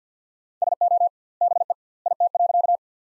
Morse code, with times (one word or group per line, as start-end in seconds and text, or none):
0.6-1.1 SO
1.4-1.7 BE
2.1-2.8 IT.